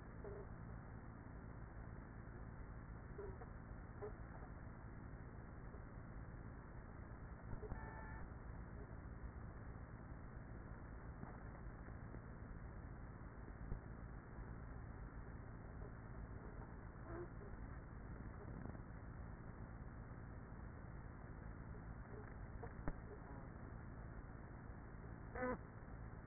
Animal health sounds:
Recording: honeybee colony, microphone inside the hive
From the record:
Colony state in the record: queenless with a low population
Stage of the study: after two queens were removed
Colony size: about 30,000 bees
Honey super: no

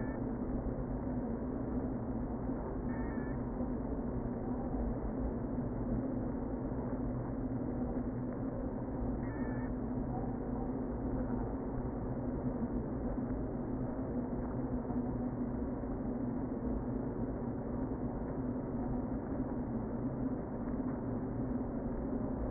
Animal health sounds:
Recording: honeybee colony, microphone inside the hive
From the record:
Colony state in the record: queen present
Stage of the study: before two queens were removed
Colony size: about 60,000 bees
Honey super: yes

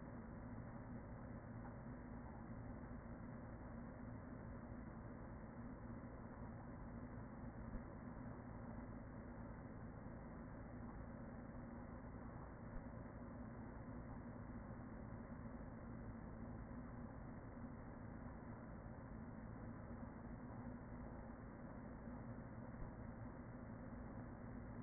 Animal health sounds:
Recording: honeybee colony, microphone inside the hive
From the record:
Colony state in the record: queen present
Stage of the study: after two queens were removed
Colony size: about 40,000 bees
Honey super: no

